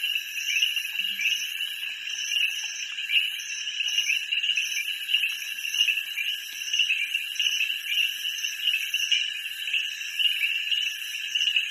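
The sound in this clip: Frog chorus: continuous high trilling overlaid by rhythmic pulsed notes.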